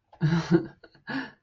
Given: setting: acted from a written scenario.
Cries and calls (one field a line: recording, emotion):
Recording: vocal sound without words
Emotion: romantic love